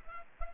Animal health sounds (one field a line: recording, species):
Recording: mosquito wingbeat signal from an infrared sensor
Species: Culex pipiens